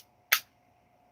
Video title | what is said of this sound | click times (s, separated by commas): Pouring jig heads | A nice good loud audible click. | 0.3 s